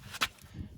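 A 6-spoke alloy wheel rim is fitted onto a car's wheel hub. One short, sharp knock comes at 0.2 s over faint low rumble, and a softer tap follows at about 0.4 s. The rim seats exactly in place on the hub.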